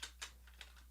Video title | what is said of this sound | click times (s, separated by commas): #Ulanzi cage NO smallrig cage YES #zve10 accessories | getting right in there look at that snaps right in there i like that | 0.6 s